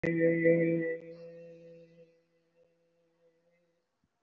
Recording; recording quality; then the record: sustained vowel as in made; excellent, no background noise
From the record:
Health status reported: respiratory illness, not identified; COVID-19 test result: negative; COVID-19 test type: RT-PCR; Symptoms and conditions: cough, cold, breathing difficulty, fatigue, muscle pain, chronic lung disease, pneumonia, another respiratory illness, hypertension, another condition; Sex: male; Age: 64 years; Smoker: no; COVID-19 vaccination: both doses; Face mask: not worn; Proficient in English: yes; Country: India